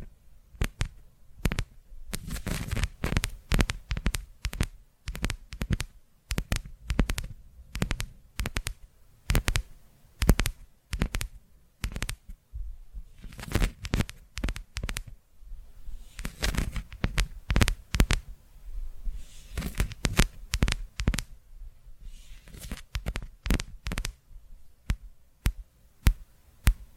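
Sharp tapping sounds fall in quick, uneven bursts for the whole stretch, each tap a crisp click with a dull thump beneath it. Brief soft, hissy rustles appear around the middle and near the end, between clusters of taps.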